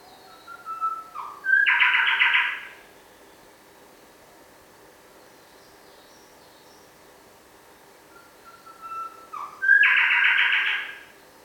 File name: Colluricincla Boweri